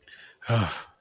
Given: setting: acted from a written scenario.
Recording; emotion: vocal sound without words; embarrassment